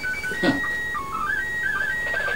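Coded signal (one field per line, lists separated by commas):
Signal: SSTV (slow-scan television)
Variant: PD 120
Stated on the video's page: ISS SSTV images on 145.800 MHz FM, received with a Yaesu FT-817 and quarter-wave ground plane antenna at 5m during a high pass.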